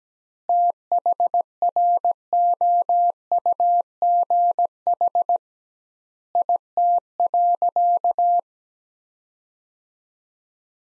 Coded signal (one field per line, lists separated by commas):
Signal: Morse code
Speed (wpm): 17 wpm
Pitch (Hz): 700 Hz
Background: none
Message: THROUGH IT.